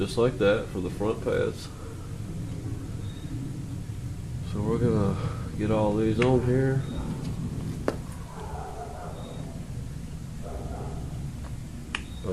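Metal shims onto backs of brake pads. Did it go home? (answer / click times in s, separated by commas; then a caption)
yes / 7.9 s, 12.0 s. Greased metal shims are snapped onto the backs of the front brake pads while someone talks, giving two sharp snaps at 7.9 s and 12.0 s. The remaining shims are confirmed all snapped into place, with a coat of lubricant between each pad and shim.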